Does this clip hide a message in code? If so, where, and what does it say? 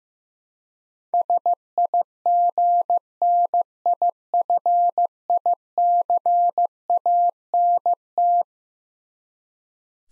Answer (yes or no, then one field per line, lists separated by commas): yes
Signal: Morse code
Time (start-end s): 1.1-8.4 s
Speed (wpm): 15 wpm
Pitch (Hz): 700 Hz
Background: none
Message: SIGNIFICANT